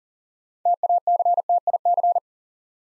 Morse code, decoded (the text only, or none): TACTIC